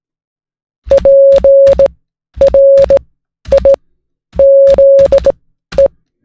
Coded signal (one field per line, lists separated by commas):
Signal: Morse code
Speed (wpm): 18 wpm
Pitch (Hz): 550 Hz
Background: none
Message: PRIZE